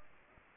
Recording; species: mosquito wingbeat signal from an infrared sensor; Anopheles gambiae